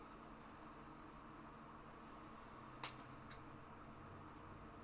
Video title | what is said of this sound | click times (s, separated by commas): Fanhome Darth Vader stage 3 | Still not all the way in. | 2.8 s